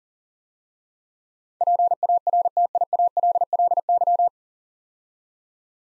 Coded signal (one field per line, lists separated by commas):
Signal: Morse code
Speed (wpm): 37 wpm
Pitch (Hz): 700 Hz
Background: none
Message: PARTIALLY